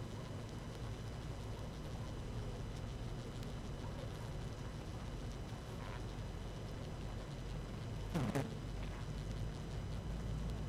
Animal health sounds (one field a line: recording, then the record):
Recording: honeybee colony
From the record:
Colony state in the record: active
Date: 12 June 2018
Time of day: 18:01